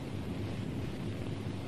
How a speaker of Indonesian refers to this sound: Oh, hujan. Bagaimananya? Tuan bilang hujan. Benar, Ma. Hujan.